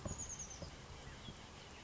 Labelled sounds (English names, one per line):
Chestnut-backed Chickadee